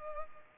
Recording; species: mosquito wingbeat signal from an infrared sensor; Culex pipiens